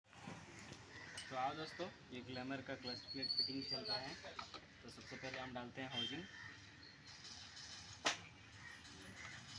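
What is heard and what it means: A motorcycle clutch housing is handled by hand at the gearbox shaft during clutch plate fitting on a Glamour, while someone talks over it. A sharp metallic knock is heard near 8.1 s, but nothing has seated or locked yet.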